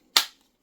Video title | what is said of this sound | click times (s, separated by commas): So Much FUN You'll Just Want MORE! | till it clicks | 0.2 s